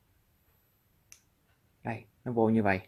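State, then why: Seated. The upper plastic disc of the tape transport mechanism in a Hitachi VT-S730 Theater Sound S-VHS VCR is laid over its spring and onto its spindle. It is rotated so its triangular tab engages underneath first, then turned at the top. It snaps into place with a short, sharp click at 1.1 seconds, followed by someone talking.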